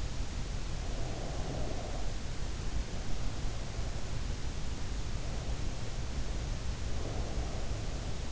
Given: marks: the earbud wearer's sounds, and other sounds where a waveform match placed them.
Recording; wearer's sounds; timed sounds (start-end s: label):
sounds in sleep by an in-ear microphone; breath
0.33-4.29 s: breath
5.01-8.32 s: breath